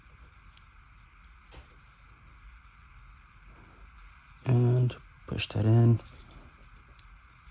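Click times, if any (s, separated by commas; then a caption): 7.0 s. A crimped pin terminal is pushed into position A1 at the back of the plastic housing of an ECU harness connector. Someone talks briefly, then the terminal seats with a small, sharp snap at 7.0 s.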